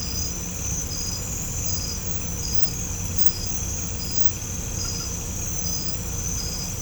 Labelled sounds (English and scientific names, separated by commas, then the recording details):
none
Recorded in pastures near Puerto Asís, Putumayo, Colombia, on 16 December 2024 at 23:00
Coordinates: 0.505, -76.324
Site G063